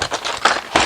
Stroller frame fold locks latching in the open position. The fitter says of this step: pull these triggers till you hear the click, click,